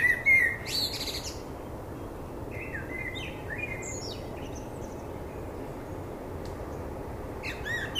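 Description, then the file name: Common blackbird calls: short high chirps and thin whistled notes at the start, then scattered brief notes over steady low background noise. "Turdus merula"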